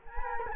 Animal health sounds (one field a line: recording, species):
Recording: mosquito wingbeat signal from an infrared sensor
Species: Culex quinquefasciatus